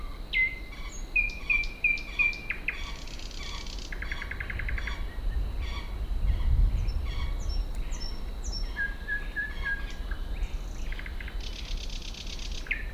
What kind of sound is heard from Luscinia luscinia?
song